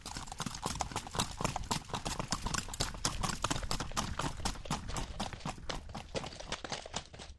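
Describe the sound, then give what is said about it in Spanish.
A mare named Linda, daughter of Rueda Ruleta, trots along a dirt road in Tabio with a trotona galopera gait, her hooves striking in a quick, steady clip-clop rhythm that continues evenly throughout, with no voices. “en una hija de Rueda Ruleta, su andar es trotona galopera.”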